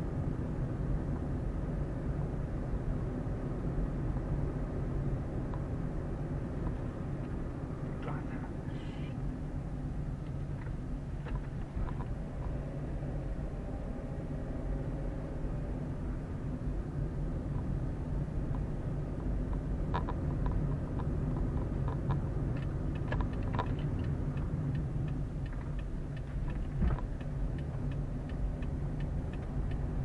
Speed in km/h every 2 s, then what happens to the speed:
32, 32, 32, 30, 23, 19, 23, 26, 27, 28, 30, 29, 20, 20, 22.
0-5 steady at about 32. 5-9 slows to 19. 9-20 speeds up to 30. 22-24 brakes to 20. 24-30 steady at about 20.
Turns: none.